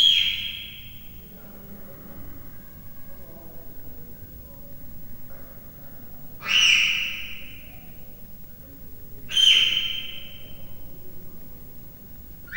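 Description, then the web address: Leopard cub chirping: loud, high whistled chirps that slide downward, one trailing off at the start, two more later, and a fourth starting at the end, over a low steady hum. Three-month-old captive leopard cub chirping, recorded at Miskolc Zoo, Hungary, in 2009. "allathangok miskolcizoo 2009 standardt leopard haromhonaposkolyokcsipogasa"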